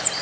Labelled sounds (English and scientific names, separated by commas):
Cape May Warbler (Setophaga tigrina) flight call